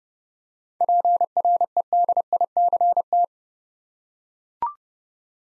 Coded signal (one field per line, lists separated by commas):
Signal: Morse code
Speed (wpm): 30 wpm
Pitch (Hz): 700 Hz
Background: none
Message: PREDICT